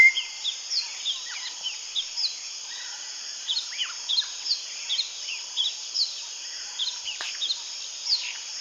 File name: Golosa ptic - Belobokij batis Batis molitor